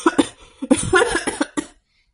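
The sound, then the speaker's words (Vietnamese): A bout of dry, harsh coughing from an old emperor after a shock: several sharp bursts in quick succession, fairly loud, with rasping throaty breaths between them, then it stops abruptly. No speech. “Lão hoàng đế bị đả kích ho khan không nói nên lời.”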